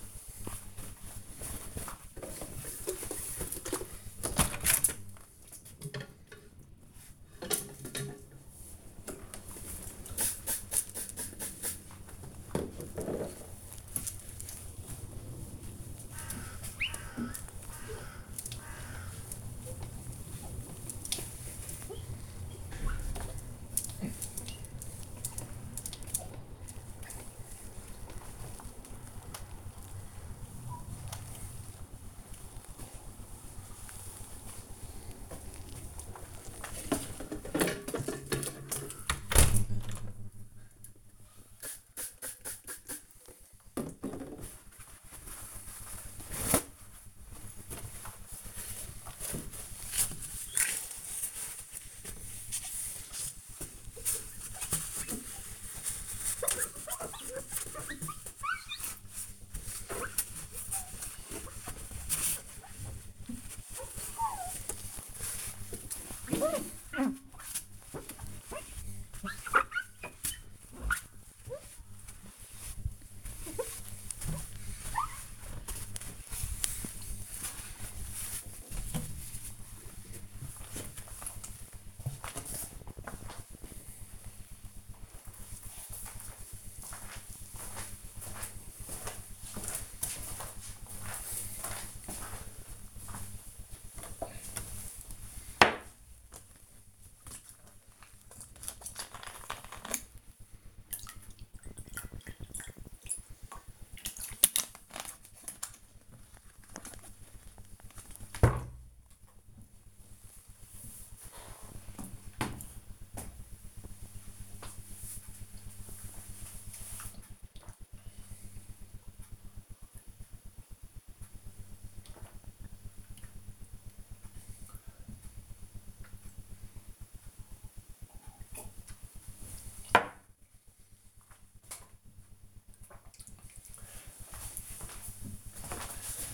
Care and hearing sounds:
household activities, microphone on the right wrist
0.00-82.92 s: window cleaning
108.09-131.27 s: drinking

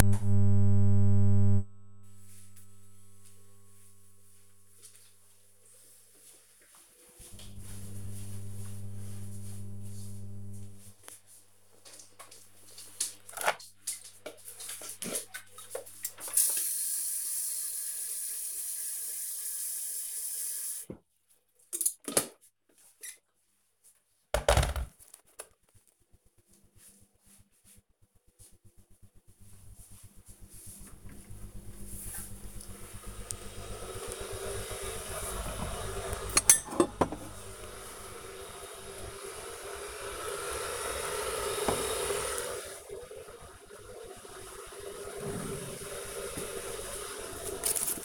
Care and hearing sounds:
household activities, microphone on the right wrist
11.55-48.05 s: making tea

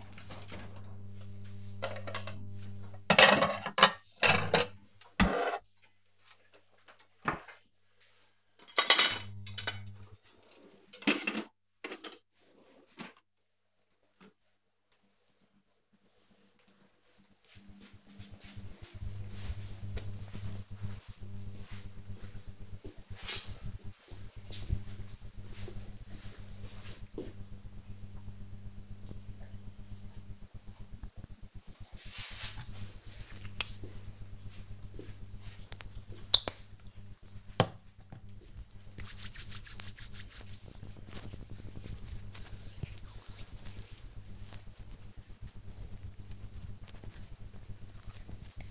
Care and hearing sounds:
household activities, microphone on the right wrist
0.00-13.52 s: putting away the dishes
31.62-48.71 s: cream hands

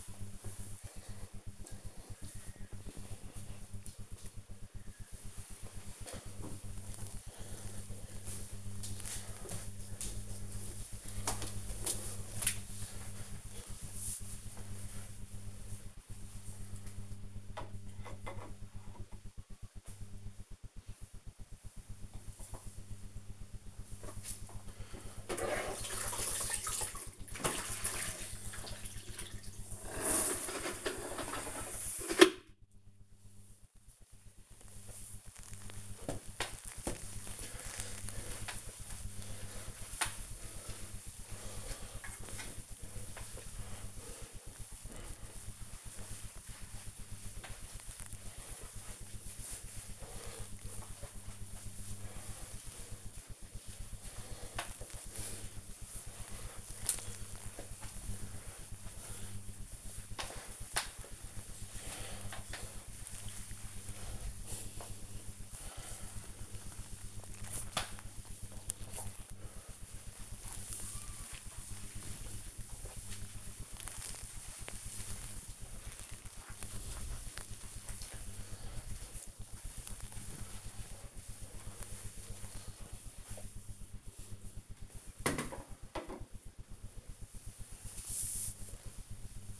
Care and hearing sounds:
household activities, microphone on the right wrist
22.25-84.74 s: floor cleaning

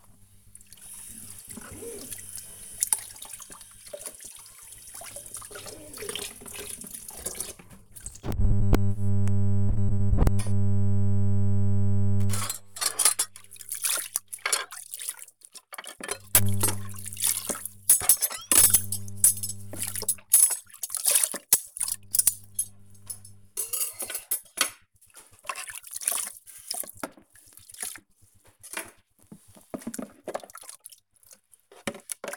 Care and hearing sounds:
household activities, microphone on the right wrist
0.00-32.36 s: washing dishes

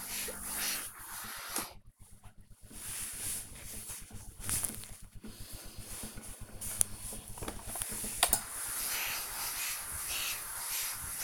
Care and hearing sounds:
household activities, microphone on the right wrist
0.00-11.24 s: ironing laundry

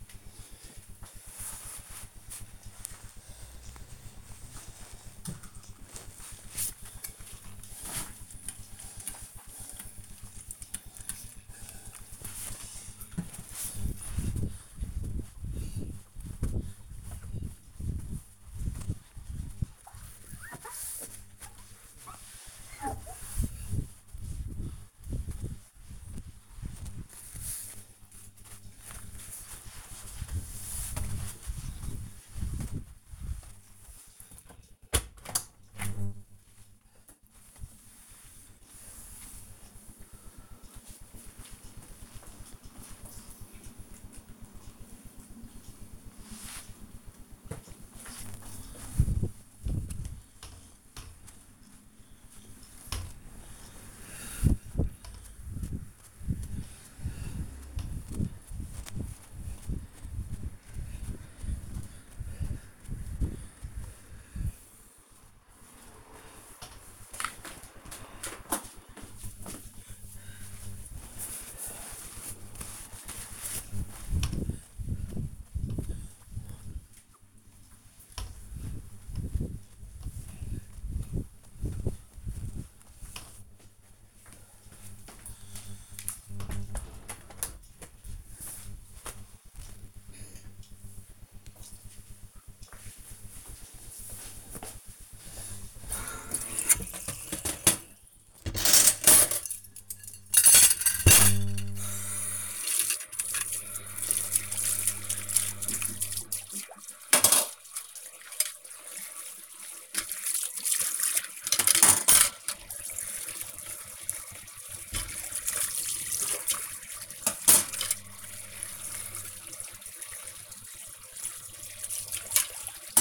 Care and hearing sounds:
household activities, microphone on the right wrist
6.77-86.18 s: window cleaning
95.26-123.01 s: washing dishes

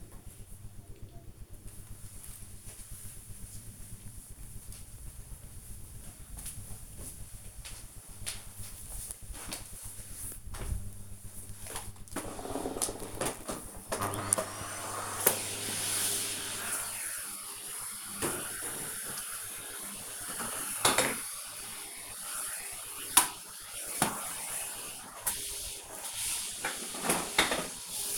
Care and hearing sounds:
household activities, microphone on the right wrist
11.89-28.18 s: vacuum cleaning

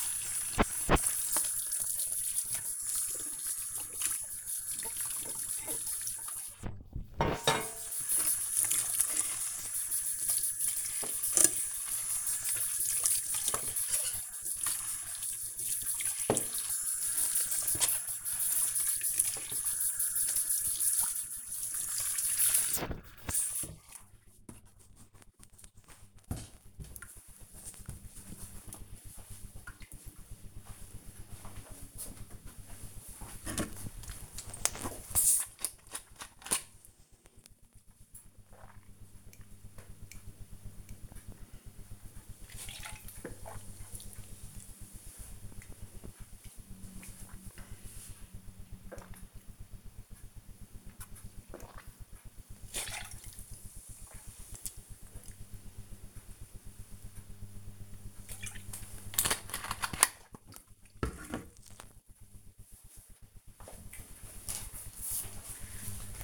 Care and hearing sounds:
household activities, microphone on the right wrist
0.00-23.99 s: washing dishes
32.06-59.29 s: drinking

